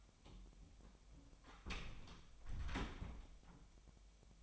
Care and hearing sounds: daily activity, microphone in the room; close door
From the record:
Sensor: 1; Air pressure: 1007.1 hPa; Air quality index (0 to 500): 201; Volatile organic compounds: 21 ppm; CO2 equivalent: 2716 ppm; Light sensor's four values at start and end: 13/34/13/15 and 13/32/13/14

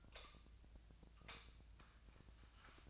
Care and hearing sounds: daily activity, microphone in the room; light on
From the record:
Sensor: 2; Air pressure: 1009.7 hPa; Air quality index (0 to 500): 181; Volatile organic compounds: 10 ppm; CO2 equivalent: 2260 ppm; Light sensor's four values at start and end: 28/68/29/32 and 33/86/36/39

